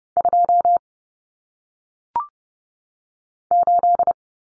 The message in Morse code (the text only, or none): 2 8